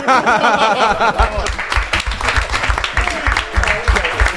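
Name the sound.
applause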